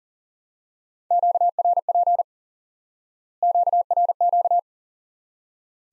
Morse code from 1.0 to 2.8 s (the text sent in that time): QRP